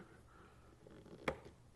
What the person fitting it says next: there's the click